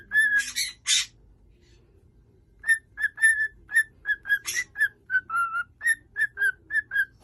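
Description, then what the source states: Cockatiel giving a few harsh squawks, then a pause, then a string of short whistled notes with another squawk among them. Cockatiels singing and whistling.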